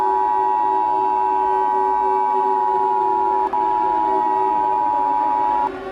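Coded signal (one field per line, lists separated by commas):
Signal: Emergency Alert System (SAME) tones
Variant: 853 and 960 Hz attention tone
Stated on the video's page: Fictional mini EAS scenario set in Bikini Bottom.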